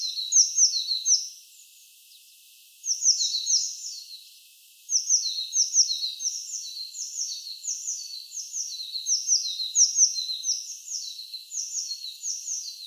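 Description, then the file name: Eurasian blue tit giving rapid runs of high notes, broken by two short pauses, then a long continuous series. "Cyanistes caeruleus"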